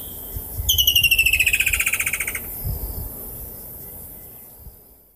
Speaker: The most well-known is the call of the woodland kingfisher. It is a distinctive sound in southern Africa. Let's listen to its call briefly.